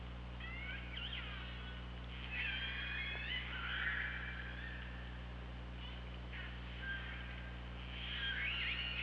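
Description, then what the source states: Killer whale calls in quick succession, bright harmonic squeals and bending tones, one after another, against a constant low hum. Recorded by OrcaLab hydrophone on 24 August 2017 at 15:25.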